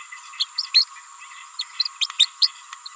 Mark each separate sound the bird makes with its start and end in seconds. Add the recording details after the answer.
0.40-0.46, 0.58-0.67, 0.74-0.85, 1.58-1.64, 2.01-2.08, 2.18-2.27, 2.41-2.50. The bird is a female. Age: 28 days. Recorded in a nest box in Venezuela. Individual 17B31A3